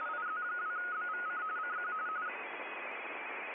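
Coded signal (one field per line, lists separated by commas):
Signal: RTTY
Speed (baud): 45.45 baud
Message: IZ2BVC CQ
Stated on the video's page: Live CQ WW RTTY contest operation.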